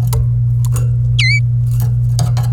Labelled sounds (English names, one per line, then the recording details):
Domestic Canary song
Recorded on 26 April 2018 at 17:52
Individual llb3